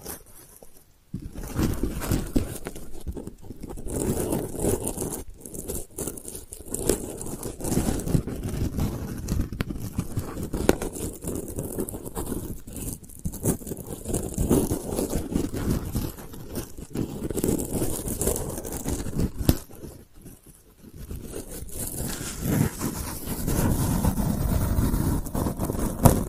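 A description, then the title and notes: Delicate scratching runs almost without pause, a dense, rough rustle weighted toward the low and middle range with fine crackly detail above. It stops briefly near the start and again around twenty seconds, then resumes at the same steady level. ASMR Delicate Scratching for Sleep (No Talking).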